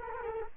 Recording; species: mosquito wingbeat signal from an infrared sensor; Culex quinquefasciatus